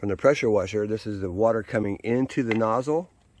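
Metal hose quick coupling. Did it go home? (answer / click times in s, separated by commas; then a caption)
no / none. A man talks for about three seconds while the high-pressure discharge hose from a DeWalt 4000 PSI pressure washer is brought to the quick-release coupling on the drain jetter's drain-cleaning nozzle line. The voice stops near 3.1 s and only low background remains. The coupling has not yet snapped together, so nothing has seated or clicked yet.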